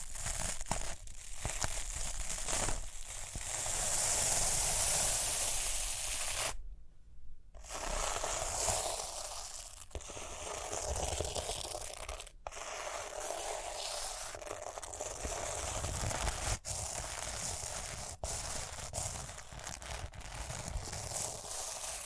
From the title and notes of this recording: ASMR Relaxing Rhinestone Tapping, Scratching, Brushing (No Talking).